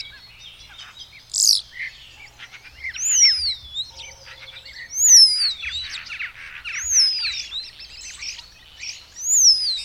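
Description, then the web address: Birds singing, a high whistle sweeping downward repeats about every two seconds over softer chirping. "madarak enek"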